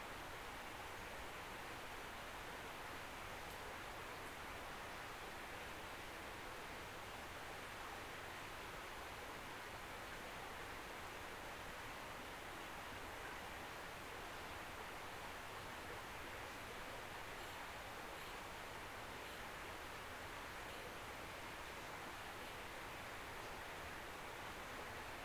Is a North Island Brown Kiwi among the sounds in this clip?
no